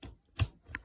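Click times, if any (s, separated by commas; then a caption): 0.4 s. A power plug is pushed gently into the foot socket of a second animated Santa figure, gently so as not to damage it by forcing. After faint handling taps, a sharp click sounds at 0.4 s, followed by another light tap near 0.8 s. The plug is seated.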